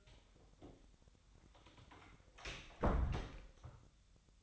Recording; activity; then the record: daily activity, microphone in the room; close door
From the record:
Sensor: 3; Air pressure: 1007.1 hPa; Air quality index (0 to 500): 204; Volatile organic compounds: 18 ppm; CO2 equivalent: 2606 ppm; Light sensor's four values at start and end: 12/28/12/12 and 12/28/12/12